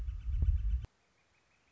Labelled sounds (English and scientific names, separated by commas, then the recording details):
Northern Flicker (Colaptes auratus)
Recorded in Sonoma County, California